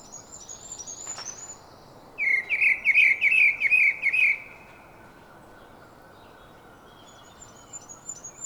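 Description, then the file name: Common blackbird delivering a quick series of about eight even, repeated notes, with thin high-pitched calls before and after. "Turdus merula"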